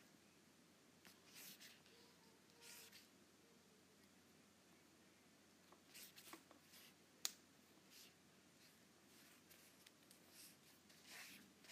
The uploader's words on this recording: ASMR Apple Pencil on iPad.